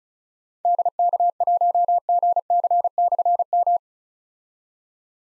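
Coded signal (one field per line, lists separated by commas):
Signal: Morse code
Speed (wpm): 36 wpm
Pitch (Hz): 700 Hz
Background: none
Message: DK1GC/M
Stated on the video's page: Morse drill of difficult call signs containing slashes at 35 wpm, each sent, spoken, then sent again.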